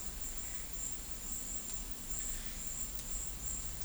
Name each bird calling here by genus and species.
none